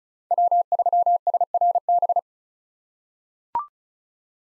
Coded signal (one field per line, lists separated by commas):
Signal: Morse code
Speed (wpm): 36 wpm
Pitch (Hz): 700 Hz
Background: none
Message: W3SRB